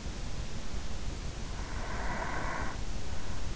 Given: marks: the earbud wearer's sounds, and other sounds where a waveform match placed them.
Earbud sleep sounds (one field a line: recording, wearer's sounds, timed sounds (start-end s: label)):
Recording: sounds in sleep by an in-ear microphone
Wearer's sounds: breath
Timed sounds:
1.31-3.44 s: breath